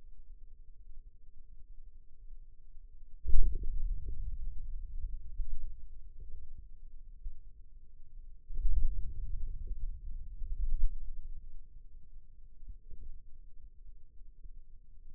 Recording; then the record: forearm muscle sounds (acoustic myography)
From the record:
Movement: hand opening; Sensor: system 2, bracelet of six BSWA MPA416 microphones around the upper forearm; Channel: 2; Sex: male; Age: 22 years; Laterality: right